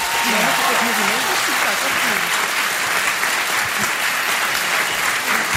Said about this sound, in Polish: Jeszcze raz brawo.